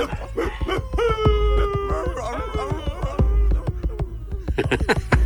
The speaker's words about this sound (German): Die Hunde standen wie versteinert da und starrten sie an. Dann stoben die Ratten auseinander und die Hunde hetzten ihnen nach.